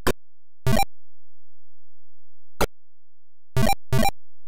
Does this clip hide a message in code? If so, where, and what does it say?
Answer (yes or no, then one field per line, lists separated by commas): no